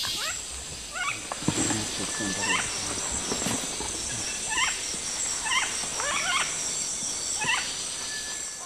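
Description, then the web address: Red-fan parrot calls: short, harsh, nasal notes with stacked harmonics, given singly or in quick pairs about every second, over a steady high insect drone. Calls, eastern lowlands of South America. "Natures Songs S America Eastern Lowlands Deroptyus accipitrinus, calls"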